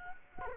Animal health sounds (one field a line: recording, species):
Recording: mosquito wingbeat signal from an infrared sensor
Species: Culex quinquefasciatus